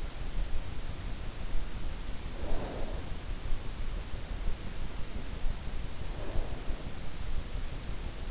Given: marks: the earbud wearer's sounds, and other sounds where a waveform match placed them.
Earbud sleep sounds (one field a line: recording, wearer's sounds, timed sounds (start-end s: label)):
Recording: sounds in sleep by an in-ear microphone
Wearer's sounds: snoring breath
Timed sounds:
2.17-3.26 s: snoring breath
6.06-6.78 s: snoring breath